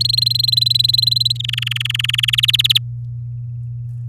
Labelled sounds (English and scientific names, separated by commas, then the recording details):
Domestic Canary (Serinus canaria) song
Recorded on 11 May 2018 at 09:22
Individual llb16